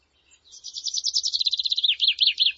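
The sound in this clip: Bird song: a rapid high trill of repeated notes that slowly drops in pitch and ends in a few slower, sharper downslurred notes.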